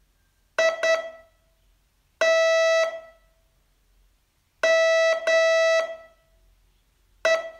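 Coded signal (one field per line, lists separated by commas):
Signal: Morse code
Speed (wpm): 10 wpm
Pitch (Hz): 650 Hz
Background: none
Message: IT ME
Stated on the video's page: Morse training test, day 36 of a 42-day learning course.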